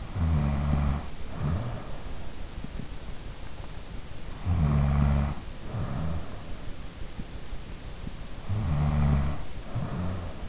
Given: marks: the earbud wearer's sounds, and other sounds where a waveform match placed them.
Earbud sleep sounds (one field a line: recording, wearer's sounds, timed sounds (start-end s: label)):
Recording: sounds in sleep by an in-ear microphone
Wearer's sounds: snoring breath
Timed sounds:
0.00-2.11 s: snoring breath
4.45-6.50 s: snoring breath
8.45-10.49 s: snoring breath